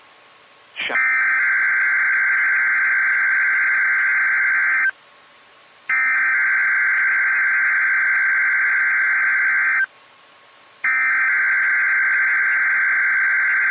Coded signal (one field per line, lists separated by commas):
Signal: Emergency Alert System (SAME) tones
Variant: header bursts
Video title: Evening Required Weekly Test on KHB37 (EAS #311)